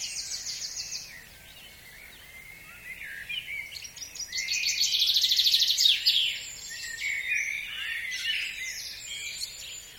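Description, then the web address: Bird dawn chorus: a quick high trill opens, then layered chirping and warbling songs build to a dense burst in the middle before thinning out over soft background hiss. At dawn. "Tom Hutchings Dawn Chorus"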